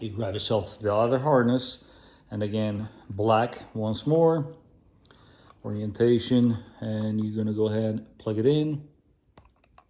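Someone talks while handling the second black wiring harness connector, orienting it and bringing it to the REDARC trailer brake controller unit on a Toyota 4Runner. Faint handling taps are heard around 5.1 s, 5.5 s and 9.4 to 9.8 s. Nothing has seated or clicked yet by the end.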